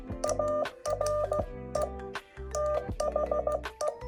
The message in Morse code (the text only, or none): ARE THE